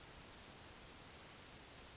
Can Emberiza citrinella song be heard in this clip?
no